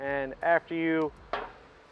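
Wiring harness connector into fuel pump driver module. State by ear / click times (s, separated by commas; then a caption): seated / 1.3 s. Someone talks while a wiring harness plug is pushed onto a fuel pump driver module (FPDM), a plastic automotive connector. A sharp click at 1.3 seconds marks the connector latching, and it is seated.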